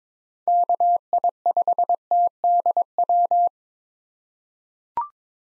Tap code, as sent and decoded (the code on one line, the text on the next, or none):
none